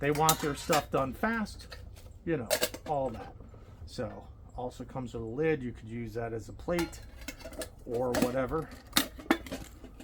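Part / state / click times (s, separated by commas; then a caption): aluminium lid onto camping cook pot / seated / 9.0 s, 9.3 s. An aluminium lid of a camping cook pot, part of a mess kit, is pressed onto the pot while someone talks. Sharp metallic snaps ring out at about 9.0 and 9.3 seconds as the lid seats in place on the pot.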